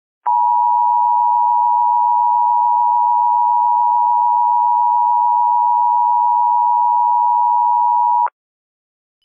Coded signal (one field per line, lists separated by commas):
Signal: Emergency Alert System (SAME) tones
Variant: 853 and 960 Hz attention tone